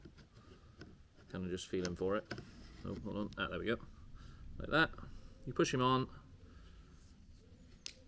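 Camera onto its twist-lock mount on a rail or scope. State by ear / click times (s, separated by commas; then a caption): seated / 7.9 s. Someone talks while a camera is pushed at a slight angle onto its twist-lock mount on a rail or scope and twisted until it stands vertical. A sharp click at 7.9 s marks the camera locking into place on the mount.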